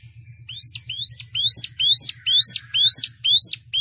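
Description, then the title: Plain prinia song: a fast, even series of about eight rising whistled notes, each sliding upward, repeated a little more than twice a second over a low steady hum. "Ciblek Sawah"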